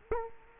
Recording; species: mosquito wingbeat signal from an infrared sensor; Culex quinquefasciatus